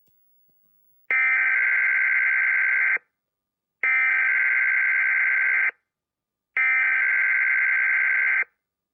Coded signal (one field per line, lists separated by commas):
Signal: Emergency Alert System (SAME) tones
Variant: header bursts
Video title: [THIS IS SCARY AS FREAK THAN PT.1] Leni Loud Reacting To: EAS Scenario: The Grieving (Pt.2)